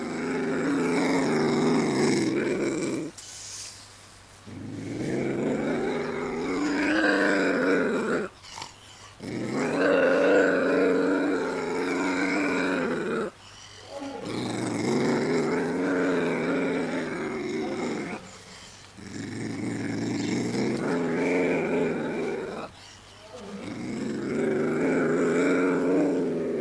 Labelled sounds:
Ocelot (Leopardus pardalis) call
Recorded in captivity
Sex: male
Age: adult
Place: Zoo Rostock, Mecklenburg-Vorpommern, DE
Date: 1984-02-04
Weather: overcast, 3-6°C
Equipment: Nagra SN, Kopie Uher 4000 Report Monitor
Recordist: Tembrock, Günter

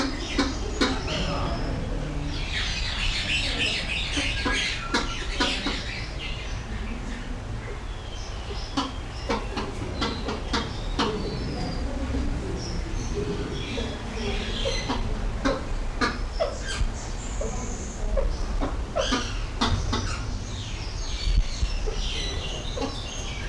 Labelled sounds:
Allen's Gallinule (Porphyrio alleni) call
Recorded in captivity
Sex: pair
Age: adult
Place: Zoo Berlin, Berlin, DE
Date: 1994-04-02 11:20
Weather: wolkig bis heiter, 8-10°C
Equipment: Marantz CP 430, Sennheiser ME 80, Kopie Uher Variocord 263
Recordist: Tembrock, Günter

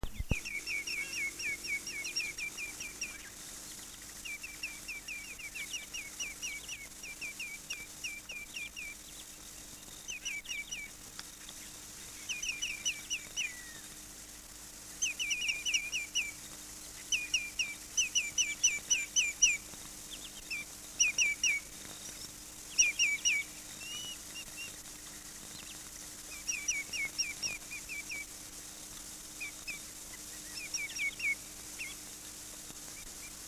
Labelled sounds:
Common Greenshank (Tringa nebularia) call
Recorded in the wild
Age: adult
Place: Bölsdorfer Haken, Altmark, Sachsen-Anhalt, DE
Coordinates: 52.508, 11.964
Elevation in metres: 32
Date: 1963-08-12
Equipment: R 21, Transistorverstärker, Vollspur
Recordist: Lippert, Wolfgang

